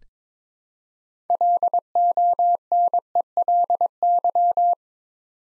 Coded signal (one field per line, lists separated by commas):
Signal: Morse code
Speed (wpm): 23 wpm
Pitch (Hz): 700 Hz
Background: none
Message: LONELY